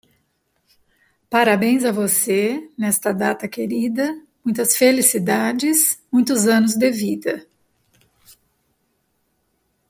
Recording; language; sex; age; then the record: short text; Brazilian Portuguese; female; 50 to 59 years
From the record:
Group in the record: control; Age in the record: 53 years